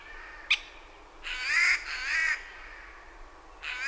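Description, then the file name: Eurasian jay giving two harsh, rasping screeches in quick succession, a third beginning at the end, after a single sharp click. "Garrulus glandarius"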